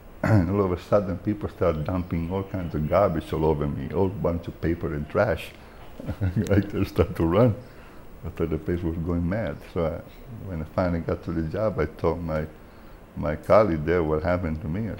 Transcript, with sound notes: All of a sudden people started dumping all kinds of garbage all over me, a whole bunch of paper and trash! [Laughs] I just started to run; I thought the people were going mad. When I finally got to the job, I told my colleague there what happened to me.